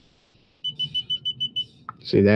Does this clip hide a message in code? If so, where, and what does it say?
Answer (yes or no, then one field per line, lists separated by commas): no